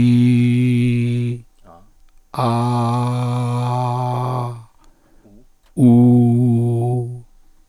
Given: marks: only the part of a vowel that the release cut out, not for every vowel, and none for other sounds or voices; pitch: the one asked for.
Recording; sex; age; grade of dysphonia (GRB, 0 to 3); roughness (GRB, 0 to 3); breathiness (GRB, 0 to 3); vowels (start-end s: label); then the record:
sustained vowels; male; 60 to 69 years; 1; 0; 1
0.00-1.11 s: vowel /i/, normal pitch
2.51-3.60 s: vowel /a/, normal pitch
5.88-6.86 s: vowel /u/, normal pitch
From the record:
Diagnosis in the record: cordectomy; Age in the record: 60 years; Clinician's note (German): Zustand nach Chordektomie mit Ersatzstimmband links; kleine Synechie vordere Kommissur